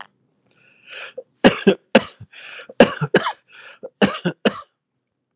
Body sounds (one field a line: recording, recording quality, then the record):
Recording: heavy voluntary cough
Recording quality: excellent, no background noise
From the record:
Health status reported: exposed to COVID-19, no respiratory illness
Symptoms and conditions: fatigue, hypertension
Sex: male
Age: 66 years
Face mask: not worn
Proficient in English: yes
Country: United States